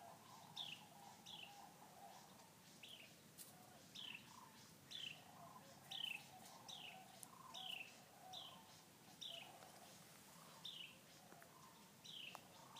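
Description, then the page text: Carolina wren calling with a run of quick falling notes, spaced fairly evenly, over faint lower sounds and light background hiss. Several dozen "cheer" calls at Bosque del Apache, New Mexico, United States, during the 116th Christmas Bird Count. "Wren, Carolina : Sound recording of several dozen “cheer” calls."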